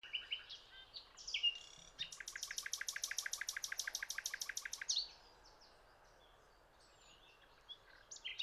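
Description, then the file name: Common nightingale song: scattered chirps, then a fast rapid-fire series of loud repeated notes lasting about three seconds, followed by softer whistled fragments. "Luscinia megarhynchos"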